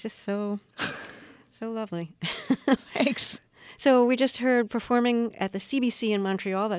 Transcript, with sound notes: it's just so, so lovely.
(LAUGHTER)
Thanks.
So we just heard performing at the CBC in Montreal,